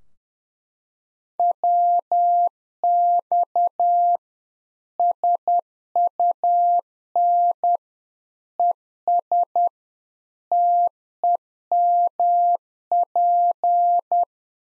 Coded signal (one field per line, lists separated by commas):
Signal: Morse code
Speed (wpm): 10 wpm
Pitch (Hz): 700 Hz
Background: none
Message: WX SUN ES TEMP